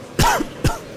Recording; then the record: coughing mixed with background sound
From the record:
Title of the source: Coughing 51